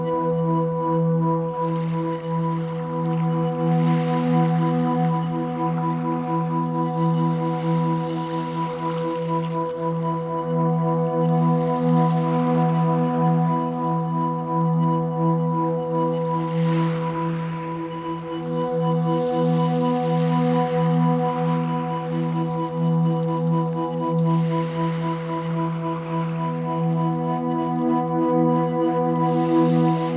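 Waves from the wake of passing ships wash in, a hissing surge arriving every three to five seconds. Beneath them runs a constant low droning hum with several steady tones, like an engine, and the overall loudness stays fairly even throughout.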